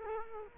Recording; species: mosquito wingbeat signal from an infrared sensor; Culex quinquefasciatus